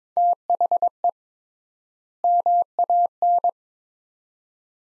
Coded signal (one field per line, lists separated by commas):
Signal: Morse code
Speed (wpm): 22 wpm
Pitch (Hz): 700 Hz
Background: none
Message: THE MAN